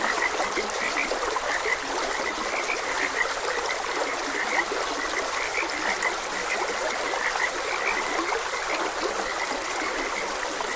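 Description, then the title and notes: Frogs keep up repeated short croaks, backed by continuous flowing-water noise. Frogs croaking beside a gentle stream. "Frogs Croaking. Sleep and Relaxation Podcast"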